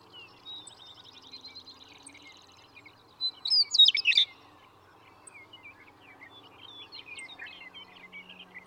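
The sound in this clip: Western meadowlark singing one loud, flute-like phrase midway, with thin chirps and trills before and after.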